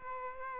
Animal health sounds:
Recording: mosquito wingbeat signal from an infrared sensor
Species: Aedes albopictus

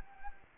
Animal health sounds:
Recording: mosquito wingbeat signal from an infrared sensor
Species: Anopheles gambiae

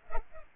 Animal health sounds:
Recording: mosquito wingbeat signal from an infrared sensor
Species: Culex pipiens

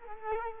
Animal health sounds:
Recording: mosquito wingbeat signal from an infrared sensor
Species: Culex quinquefasciatus

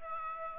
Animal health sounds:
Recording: mosquito wingbeat signal from an infrared sensor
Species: Aedes aegypti

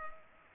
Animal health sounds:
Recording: mosquito wingbeat signal from an infrared sensor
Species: Culex pipiens

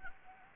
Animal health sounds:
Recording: mosquito wingbeat signal from an infrared sensor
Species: Anopheles gambiae

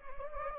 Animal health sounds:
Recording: mosquito wingbeat signal from an infrared sensor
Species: Anopheles gambiae

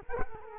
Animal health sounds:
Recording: mosquito wingbeat signal from an infrared sensor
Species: Culex quinquefasciatus

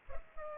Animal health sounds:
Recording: mosquito wingbeat signal from an infrared sensor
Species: Culex pipiens

